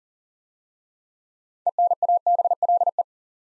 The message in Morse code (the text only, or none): ENABLE